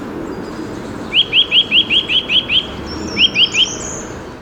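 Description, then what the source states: Eurasian nuthatch giving a quick run of about eight clear, rising piping notes, then three more after a pause, with a thin high whistle in the background. Nuthatch climbing an oak trunk in fine woodland, able to move downward; two birds present, the non-calling bird flying after the caller.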